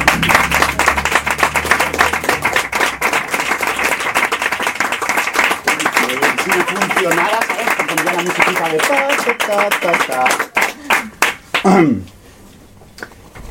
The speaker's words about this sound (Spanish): recibirlo con un caluroso aplauso, ¿eh? Que, por favor, que se venga abajo la librería.